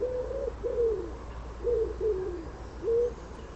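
Common wood pigeon with a few deep, muffled coos, unevenly spaced, the last after a short pause.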